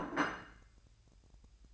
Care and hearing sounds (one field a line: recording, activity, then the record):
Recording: daily activity, microphone in the room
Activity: place plate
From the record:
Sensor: 2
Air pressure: 1001.9 hPa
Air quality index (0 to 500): 248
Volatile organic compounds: 39 ppm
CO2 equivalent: 3136 ppm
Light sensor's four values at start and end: 8/28/11/10 and 8/28/11/10